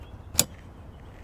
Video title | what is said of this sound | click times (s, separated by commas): How to Replace Your Wiper Blades | there's that click now it's completely attached | 0.4 s